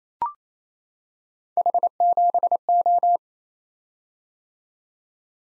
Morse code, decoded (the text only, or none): H7O